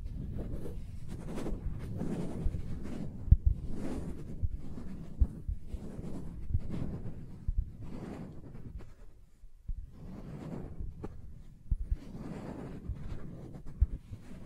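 Soft tracing strokes rise and fall in repeated low, hushed swells about once a second, with faint scratchy ticks and occasional small taps.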